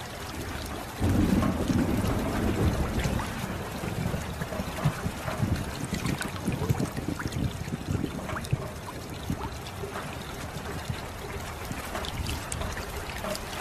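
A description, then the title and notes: Water sounds begin quietly, then a sudden louder rush of splashing and sloshing enters at about one second. The churning stays fairly dense with low, heavy movement, while brighter trickles and small drips break through irregularly throughout, easing slightly toward the end. Meditation with Water Sounds.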